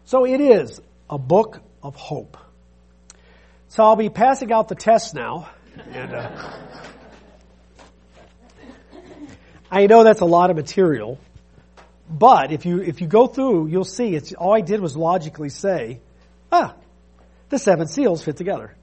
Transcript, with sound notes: So it is a book of hope. So I'll be passing out the test now. [audience laughs] I know that's a lot of material, but if you if you go through, you'll see, all I did was logically say, "The seven seals fit together."